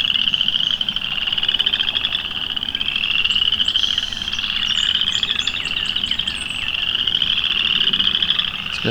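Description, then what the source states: Chorus frog chorus: dense, rapid trills overlapping continuously, while a bird adds brief high chirps partway through. Loud frog chorus nearly drowning out nearby singing birds.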